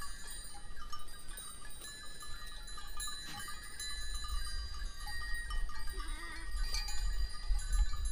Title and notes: ovelhas na quinta da costa. gravaçao de campo no concelho de oliveira do hospital